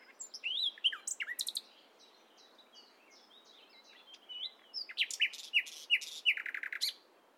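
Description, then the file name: Common nightingale singing a string of varied slurred and chirped notes, a short lull, then a phrase of sharp, evenly spaced repeated notes. "Luscinia megarhynchos"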